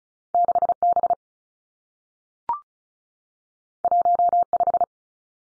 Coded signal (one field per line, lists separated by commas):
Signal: Morse code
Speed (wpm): 36 wpm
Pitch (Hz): 700 Hz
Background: none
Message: 6 B 1 5